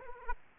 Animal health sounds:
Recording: mosquito wingbeat signal from an infrared sensor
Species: Aedes aegypti

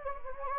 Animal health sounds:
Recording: mosquito wingbeat signal from an infrared sensor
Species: Anopheles gambiae

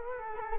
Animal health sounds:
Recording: mosquito wingbeat signal from an infrared sensor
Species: Culex quinquefasciatus

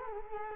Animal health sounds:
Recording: mosquito wingbeat signal from an infrared sensor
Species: Culex quinquefasciatus

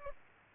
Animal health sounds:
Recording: mosquito wingbeat signal from an infrared sensor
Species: Culex pipiens

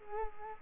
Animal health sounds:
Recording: mosquito wingbeat signal from an infrared sensor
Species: Culex quinquefasciatus

